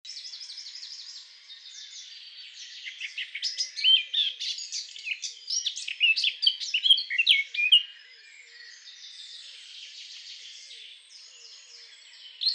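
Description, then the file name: Eurasian blackcap singing a long, varied warble: soft twittering at first, swelling into loud, quick, mixed whistles and chatters, then a quieter run of scratchy notes. "Sylvia atricapilla"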